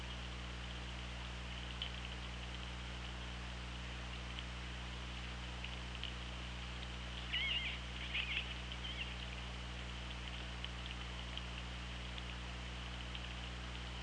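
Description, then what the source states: Killer whale call, a short pair of wavering tonal calls near the middle, with scattered clicks over steady low underwater hum and hiss. Recorded on the OrcaLab hydrophone, 24 August 2017 at 17:43:18.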